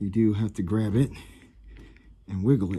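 Someone talks while grabbing and wiggling a rubber wind lace to push it onto the door-opening flange of a truck. Between the speech, faint tapping sounds come at 1.8 and 2.0 seconds. Nothing has seated or clicked yet.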